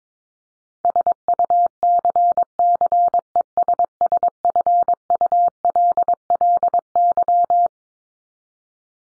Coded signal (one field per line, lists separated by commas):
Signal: Morse code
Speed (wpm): 22 wpm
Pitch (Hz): 700 Hz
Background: none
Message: SUCCESSFULLY